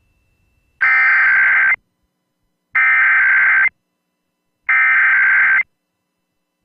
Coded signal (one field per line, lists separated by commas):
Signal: Emergency Alert System (SAME) tones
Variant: header bursts